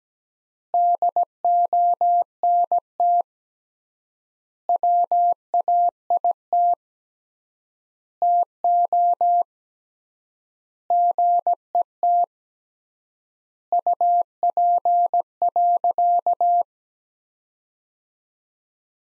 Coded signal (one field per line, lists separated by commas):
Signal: Morse code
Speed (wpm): 17 wpm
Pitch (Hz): 700 Hz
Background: none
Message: DONT WAIT TO GET UP.